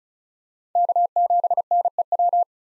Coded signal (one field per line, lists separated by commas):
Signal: Morse code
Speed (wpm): 36 wpm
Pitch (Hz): 700 Hz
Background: none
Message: K7NEW